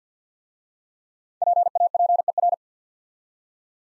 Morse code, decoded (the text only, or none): PAPER